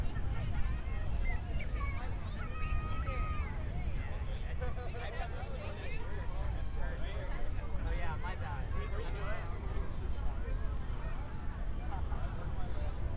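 A binaural walk from the San Diego County Admin Building toward Golden Hill, filled with a constant low rumble of passing traffic. Overlapping voices chatter throughout, with a few bright pitched tones around the second and third seconds, and the level stays steady.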